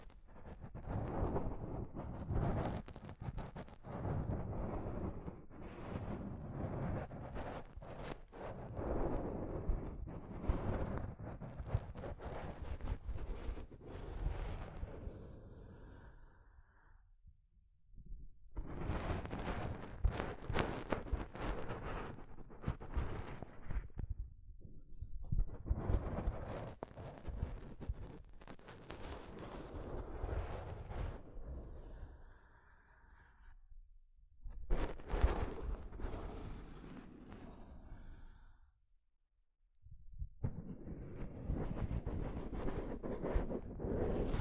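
Soft fabric brushes against a microphone in a dense, rumbling rustle of rubbing and scraping strokes. The brushing is strongest in low tones, with bursts of brighter swishes, and it pauses into near silence around 17, 25, 34 and 39 seconds before resuming.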